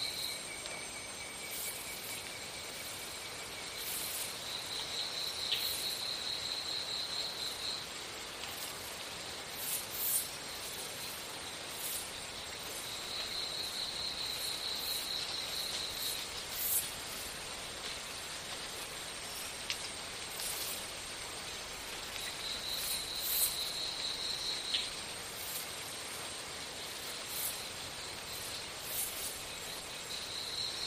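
Jungle sounds: a steady, dense hiss of insects fills the whole clip without letting up. A high buzzing trill rises out of it three times, around 5, 13 and 23 seconds, each lasting a few seconds. Short, sharp high chirps and clicks scatter throughout.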